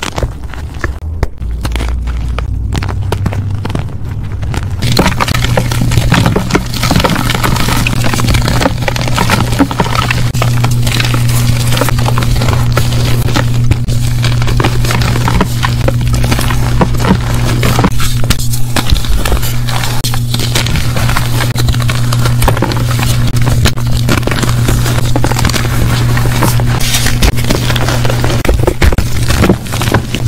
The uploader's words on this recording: Audio only compilation of powder crunch asmr.